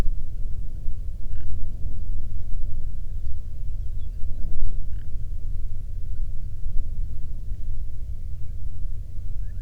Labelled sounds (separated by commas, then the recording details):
songbird, waterfowl, grouse or ptarmigan, wind
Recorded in the Prudhoe Bay oil fields, Alaska, on 13 June 2019 at 00:05
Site 24